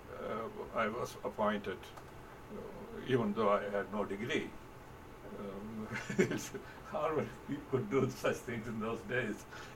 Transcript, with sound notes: I was appointed even though I had no degree [laughter]. How would people do such things in those days?